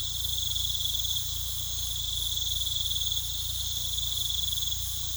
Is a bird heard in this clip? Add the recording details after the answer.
no. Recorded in pastures near Puerto Asís, Putumayo, Colombia, on 18 December 2024 at 20:00. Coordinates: 0.486, -76.323. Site GP01